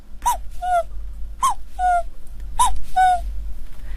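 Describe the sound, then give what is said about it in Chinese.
A voice imitates a young, small cuckoo, produced deep in the throat: three evenly spaced two-note calls, each a bright upward hoot followed by a lower, falling second note, clear and cheerful with no talking. “比如说年轻一点的这个比较小一点的布谷鸟哈，它是非常阳光的。”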